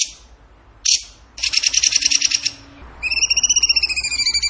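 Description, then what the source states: Bird song: short sharp notes, a fast buzzy trill, then a rapid run of whistled notes with clear overtones. Song in the tembakan gacor style, used for training cage birds.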